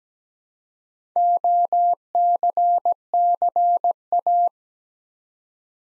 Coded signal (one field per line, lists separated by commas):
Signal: Morse code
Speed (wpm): 17 wpm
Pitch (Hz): 700 Hz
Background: none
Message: OCCA